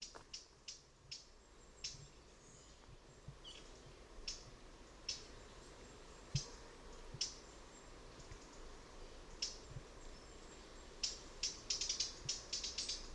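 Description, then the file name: Eurasian blackcap giving sharp, dry clicking calls at irregular intervals, coming faster near the end, over a low background rumble. "Sylvia atricapilla"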